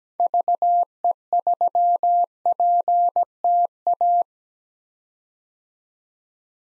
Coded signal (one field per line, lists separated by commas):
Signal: Morse code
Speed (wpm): 17 wpm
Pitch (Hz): 700 Hz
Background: none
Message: VE3PTA